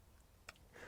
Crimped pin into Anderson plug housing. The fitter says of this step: red wire goes into there and just giving that a nice firm push we can hear it click and see that it's grabbed its position